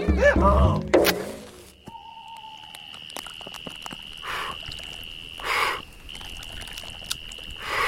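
A donkey lets out a short, loud, harsh bray at the start, then quieter scattered knocks and shuffling follow beneath a steady high-pitched whine.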